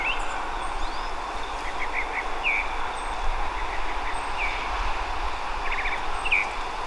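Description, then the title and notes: Tropical mockingbird delivering varied chirped whistles and brief trilled bursts over a continuous low background roar. Estación de la Sábana, Bogotá, Colombia, October 2024, morning; recorded during a bird inventory with a Zoom H5 recorder; local names Mirla Blanca or Sinsonte. "la Mirla Blanca o Sinsonte (Mimus gilvus) en la Estación de la Sábana, Bogotá, octubre del año 2024"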